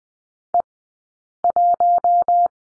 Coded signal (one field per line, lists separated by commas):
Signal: Morse code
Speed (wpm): 20 wpm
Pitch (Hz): 700 Hz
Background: none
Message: E1